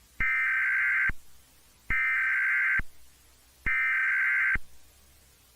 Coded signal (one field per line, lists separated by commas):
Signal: Emergency Alert System (SAME) tones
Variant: header bursts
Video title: [EAS Scenario] Anti-Melody | Part.1